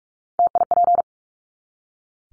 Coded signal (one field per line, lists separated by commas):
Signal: Morse code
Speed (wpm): 44 wpm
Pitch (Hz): 700 Hz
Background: none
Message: TIP